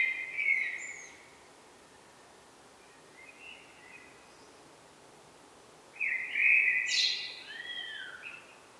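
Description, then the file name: Common blackbird giving a few separate warbled phrases some seconds apart, a faint one between two louder ones with sharp high notes. "Turdus merula"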